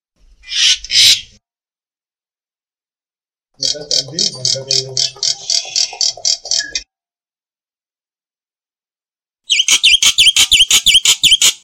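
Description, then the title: Black-winged myna with a loud rasping burst, then a long stuttering, rattling chatter, and after a pause a rapid series of sharp, buzzy notes. "Jalak Putih"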